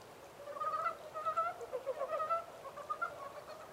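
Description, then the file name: Montane brown frog calls, a continuous run of grating, pulsed croaks from several frogs blending into a steady chatter. 14 April 2010. "yamaakagaeru-20100414"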